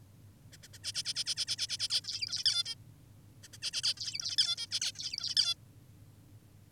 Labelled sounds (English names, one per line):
Zebra Finch